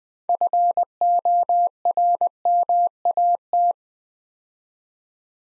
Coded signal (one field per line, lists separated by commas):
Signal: Morse code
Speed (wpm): 20 wpm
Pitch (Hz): 700 Hz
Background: none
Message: FORMAT